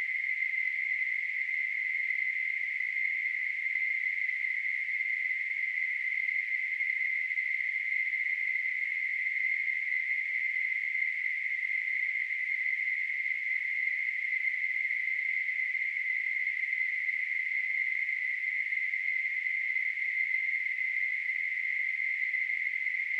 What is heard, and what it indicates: Tinnitus.